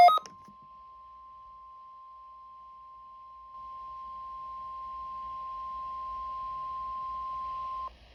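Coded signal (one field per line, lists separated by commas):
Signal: Emergency Alert System (SAME) tones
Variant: 1050 Hz attention tone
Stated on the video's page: NOAA Weather Radio required weekly test on 162.550 MHz, received on a WR-120EZ weather radio.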